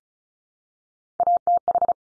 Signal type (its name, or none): Morse code